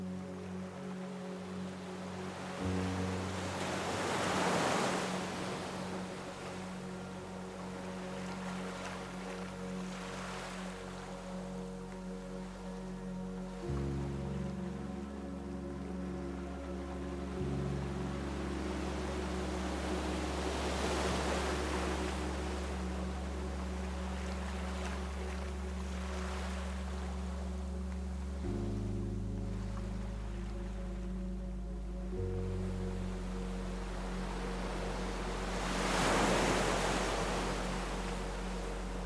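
Waves wash in roughly every eight seconds, swelling and fading over soft sustained music whose low chords shift around 14 and 28 seconds.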